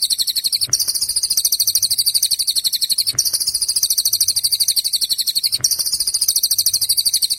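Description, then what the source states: White-eye song: a rapid, high trilling phrase of quick repeated notes, starting again roughly every two and a half seconds. White-eye training song, bird in full song (gacor) with rapid bursts (tembakan).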